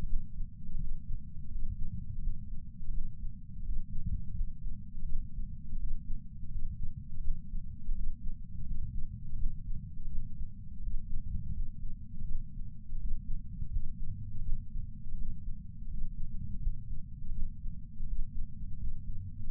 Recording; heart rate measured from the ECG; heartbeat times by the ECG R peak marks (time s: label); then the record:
heart sounds by patch sensor on the chest; 83 bpm
0.06 s: heartbeat
0.77 s: heartbeat
1.48 s: heartbeat
2.20 s: heartbeat
2.91 s: heartbeat
3.62 s: heartbeat
4.33 s: heartbeat
5.05 s: heartbeat
5.77 s: heartbeat
6.48 s: heartbeat
7.21 s: heartbeat
7.92 s: heartbeat
8.64 s: heartbeat
9.36 s: heartbeat
10.08 s: heartbeat
10.79 s: heartbeat
11.52 s: heartbeat
12.25 s: heartbeat
12.97 s: heartbeat
13.69 s: heartbeat
14.42 s: heartbeat
15.15 s: heartbeat
15.87 s: heartbeat
16.59 s: heartbeat
17.32 s: heartbeat
18.04 s: heartbeat
18.77 s: heartbeat
19.50 s: heartbeat
From the record:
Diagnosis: coronary artery disease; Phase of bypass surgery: postoperative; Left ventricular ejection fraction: 60.1%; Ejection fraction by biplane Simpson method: 55.9%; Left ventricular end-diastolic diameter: 44 mm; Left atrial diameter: 30 mm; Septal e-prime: 4.8 cm/s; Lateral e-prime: 11.2 cm/s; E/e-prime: 10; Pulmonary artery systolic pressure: 23 mmHg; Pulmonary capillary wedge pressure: 10 mmHg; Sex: male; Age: 75 years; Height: 167 cm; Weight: 58 kg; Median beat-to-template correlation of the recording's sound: 0.77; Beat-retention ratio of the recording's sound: 1.00